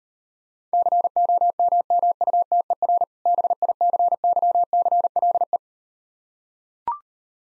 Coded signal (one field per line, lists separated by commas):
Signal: Morse code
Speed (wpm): 39 wpm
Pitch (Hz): 700 Hz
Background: none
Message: COMMUTER BICYCLE